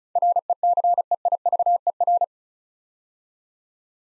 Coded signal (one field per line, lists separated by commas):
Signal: Morse code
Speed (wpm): 34 wpm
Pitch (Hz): 700 Hz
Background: none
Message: RECEIVER